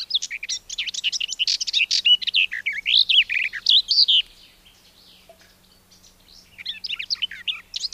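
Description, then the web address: Garden warbler pouring out a hurried, melodious warble for about four seconds, falling silent, then starting another rippling phrase. "Madardalok Kerti poszáta"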